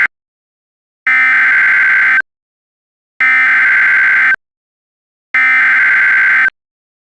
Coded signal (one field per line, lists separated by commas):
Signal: Emergency Alert System (SAME) tones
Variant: header bursts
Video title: [EAS Scenario/Angry EAS] WSM Pt 1: The KWO35 incident (VALID TONES)